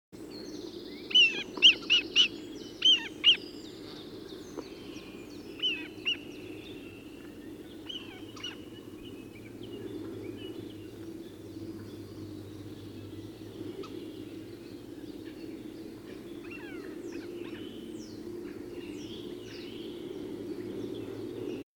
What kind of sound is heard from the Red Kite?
call